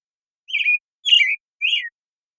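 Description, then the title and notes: American Robin song: three quick caroling phrases, each a warbled whistle sliding up and down, in close succession. Morning song in a very long sequence, from the Pacific Northwest, Washington, United States; parabolic recording processed clean for clarity with natural pacing and rhythm kept. "BIRDSong Thrushes And Allies - American Robin Morning Song. American Robin, Turdus migratorius, morning song. Recorded in the beautiful Pacific Northwest, Washington, United States"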